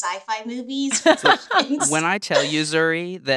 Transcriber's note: laughter